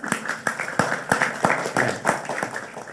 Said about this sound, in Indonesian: Keren. Tepuk tangan